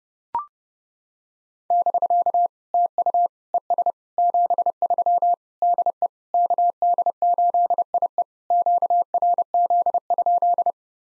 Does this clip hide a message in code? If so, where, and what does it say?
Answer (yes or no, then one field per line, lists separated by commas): yes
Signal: Morse code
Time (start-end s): 1.7-10.7 s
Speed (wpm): 30 wpm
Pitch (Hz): 700 Hz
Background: none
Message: <BK> TU ES 73 DE KD8IE QRZ?